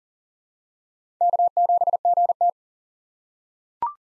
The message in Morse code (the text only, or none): K7GT